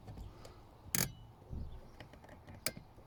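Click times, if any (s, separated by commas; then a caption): 0.9 s, 2.7 s. A new brake light switch for a 2007–2013 Citroen C4 Picasso is pushed into its plastic mounting bracket in the pedal box above the brake pedal, so it can self-adjust against the pedal. Two sharp clicks are heard at 0.9 s and 2.7 s over low background noise. The switch is seated in the bracket.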